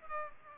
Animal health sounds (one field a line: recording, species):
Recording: mosquito wingbeat signal from an infrared sensor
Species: Culex pipiens